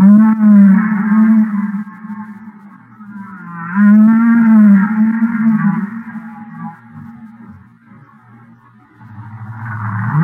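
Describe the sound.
Humpback whale song, long moaning tones near low pitch with rising and falling harmonic sweeps, two loud phrases about four seconds apart, then quieter grunting units.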